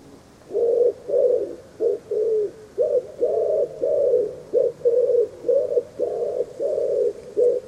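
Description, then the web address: Common wood pigeon cooing, a steady run of soft, low, hoarse coos in rhythmic phrases, each note short and rounded, continuing throughout without other clear sounds. "cianscape. Deverinetal. Bird Only"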